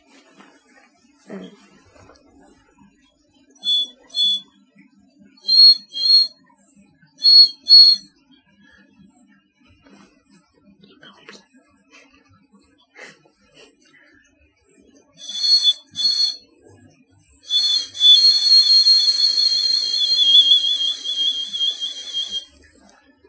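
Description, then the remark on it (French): A bird call whistle blown in a wood to attract birds, in short, high-pitched chirping bursts, paired trills at first, then a longer warbling sequence with a fluttering, wavering tone toward the end. “Je joue de la peau pour attirer des oiseaux, comme ça j'ai des amis en route.”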